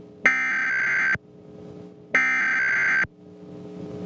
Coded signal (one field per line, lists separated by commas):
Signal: Emergency Alert System (SAME) tones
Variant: header bursts